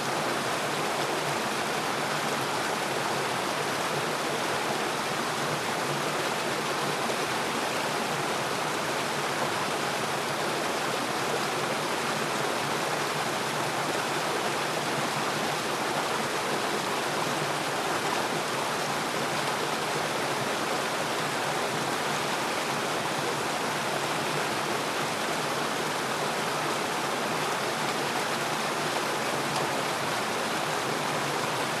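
Rain and a forest stream blend into a dense, unbroken rush of water that holds the same level for the whole half minute. The sound is full and bright, like running water, with no separate drops, pauses or other sounds standing out.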